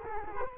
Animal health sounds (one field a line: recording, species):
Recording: mosquito wingbeat signal from an infrared sensor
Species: Culex quinquefasciatus